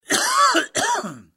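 Two coughs from an adult.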